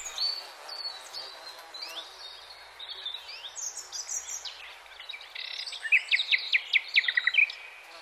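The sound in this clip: Redstart song: loose high whistles and slurred notes, building to a dense burst of rapid sharp strokes and twitters in the last few seconds, with steady background hiss.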